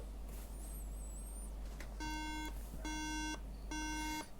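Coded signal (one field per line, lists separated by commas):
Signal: beep code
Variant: Apple Mac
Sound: three even, buzzy half-second beeps repeated with short gaps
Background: room hiss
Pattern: 3 beeps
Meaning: Three beeps on a Mac mean no usable RAM, a memory fault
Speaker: let's see if we get the same behavior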